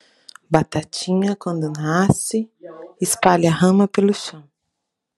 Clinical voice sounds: short text; Brazilian Portuguese; female; 40 to 49 years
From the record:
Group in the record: control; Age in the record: 43 years

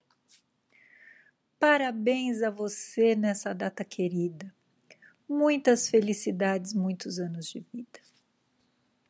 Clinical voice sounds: short text; Brazilian Portuguese; female; 50 to 59 years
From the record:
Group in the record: control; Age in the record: 54 years

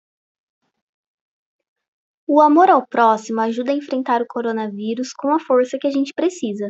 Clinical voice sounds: spoken sentence; Brazilian Portuguese; female; 30 to 39 years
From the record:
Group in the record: control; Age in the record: 30 years

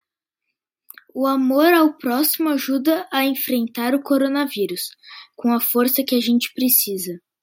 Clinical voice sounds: spoken sentence; Brazilian Portuguese; female; 20 to 29 years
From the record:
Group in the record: control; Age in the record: 21 years

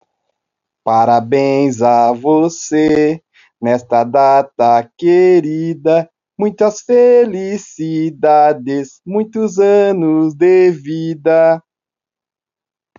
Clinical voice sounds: short text; Brazilian Portuguese; male; 30 to 39 years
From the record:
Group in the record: control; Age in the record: 38 years

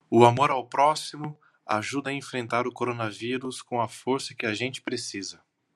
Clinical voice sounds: spoken sentence; Brazilian Portuguese; male; 30 to 39 years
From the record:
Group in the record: control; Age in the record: 39 years

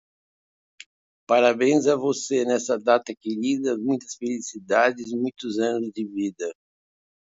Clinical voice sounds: short text; Brazilian Portuguese; male; 70 to 79 years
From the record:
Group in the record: control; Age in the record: 72 years

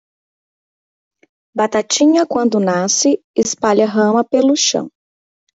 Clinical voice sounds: short text; Brazilian Portuguese; female; 30 to 39 years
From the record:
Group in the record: control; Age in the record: 32 years

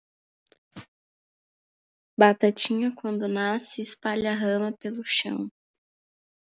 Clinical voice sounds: short text; Brazilian Portuguese; female; 18 to 19 years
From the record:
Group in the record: control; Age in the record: 19 years

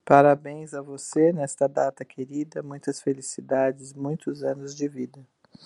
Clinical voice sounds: short text; Brazilian Portuguese; female; 50 to 59 years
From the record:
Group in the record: control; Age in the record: 57 years

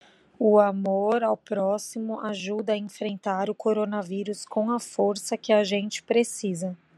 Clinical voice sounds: spoken sentence; Brazilian Portuguese; female; 30 to 39 years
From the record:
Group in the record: control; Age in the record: 33 years

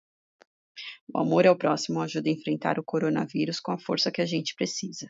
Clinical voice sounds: spoken sentence; Brazilian Portuguese; female; 40 to 49 years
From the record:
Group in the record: control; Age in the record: 45 years

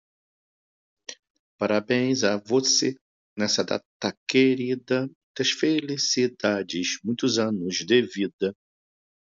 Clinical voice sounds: short text; Brazilian Portuguese; male; 50 to 59 years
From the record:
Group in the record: control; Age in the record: 53 years

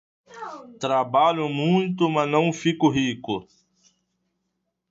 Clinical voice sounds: short text; Brazilian Portuguese; male; 30 to 39 years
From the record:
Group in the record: control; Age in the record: 37 years

